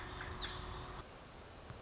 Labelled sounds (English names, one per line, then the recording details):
American Robin
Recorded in Sonoma County, California